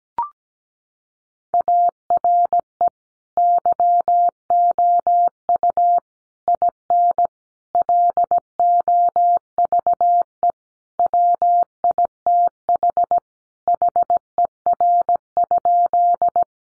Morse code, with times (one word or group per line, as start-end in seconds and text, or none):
1.5-2.9 ARE
3.4-6.0 YOU
6.5-7.3 IN
7.8-10.5 LOVE
11.0-13.2 WITH
13.7-16.4 HER?